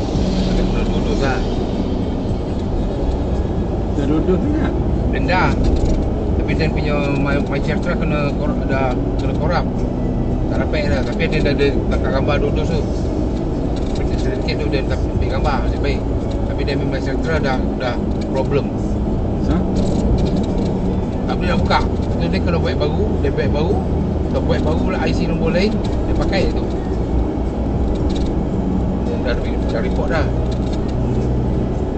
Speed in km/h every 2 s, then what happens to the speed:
80, 77, 75, 75, 74, 73, 72, 74, 78, 77, 78, 80, 83, 84, 85, 87.
0-12 slows to 72. 12-32 speeds up to 87.